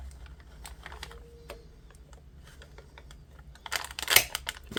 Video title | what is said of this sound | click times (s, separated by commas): TESTING DIFFERENT METHODS OF SUBLIMATING ON MUGS USING CRAFT BUDDIES SUBLIMATION SHEETS | we are you heard it click | 4.2 s